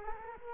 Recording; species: mosquito wingbeat signal from an infrared sensor; Culex quinquefasciatus